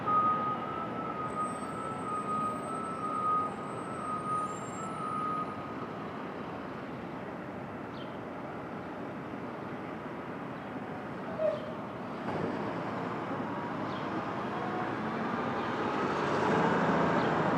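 Street traffic at dawn in Brooklyn, open air: a steady low rumble of passing vehicles fills the whole stretch. A thin high whine drifts by early on, with a brief clack near eleven seconds, and the noise swells louder and brighter toward the end.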